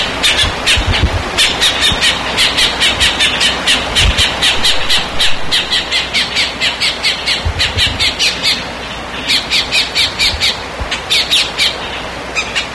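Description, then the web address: Bird producing loud, rasping squawks in quick repeated bursts, pausing briefly between runs. "BIRD 2015 SABIOD"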